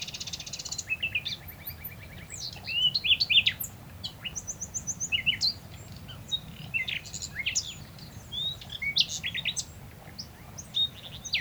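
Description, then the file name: Common nightingale delivering a long varied song: a fast rattling trill at the start, then scattered whistles, chirps and repeated note groups. "Luscinia megarhynchos"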